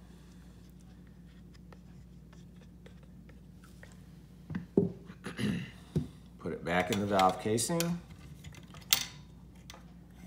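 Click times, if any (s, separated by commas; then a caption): 8.9 s. A metal piston valve is put back into a trumpet's valve casing and turned until its guide clicks into the slot at 8.9 seconds and can't turn anymore. Light metal scrapes and taps come before a sharp click, and someone talks in between. The valve ends up seated.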